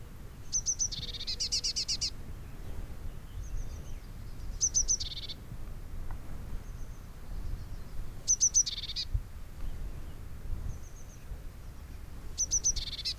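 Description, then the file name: Eurasian blue tit calls: thin, very high notes followed by a short buzzy churr, repeated roughly every four seconds over steady low background noise. "Cyanistes caeruleus"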